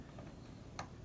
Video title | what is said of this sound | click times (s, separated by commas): Replacing a case nut and plunger head o-ring on a Bottoms Up beer system | until i hear a click and that's the threads the threads mating together | 0.8 s